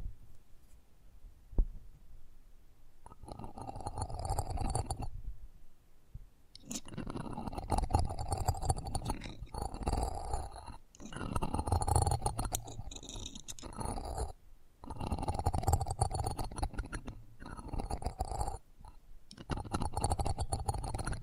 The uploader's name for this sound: ASMR Close Up Mic Treatment